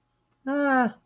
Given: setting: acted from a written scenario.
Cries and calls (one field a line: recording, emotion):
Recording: vocal sound without words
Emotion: neutral